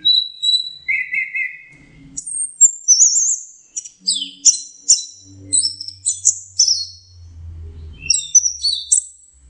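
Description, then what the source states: Orange-headed thrush delivering a steady whistle, then a rich medley of chirps, trills and high sweeping notes in rapid bursts. Masteran (training) song.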